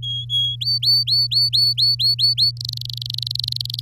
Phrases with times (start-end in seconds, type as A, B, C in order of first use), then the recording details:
0.02-0.56 A, 0.60-2.51 B, 2.57-3.81 C. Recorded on 7 May 2018 at 16:55. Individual llb16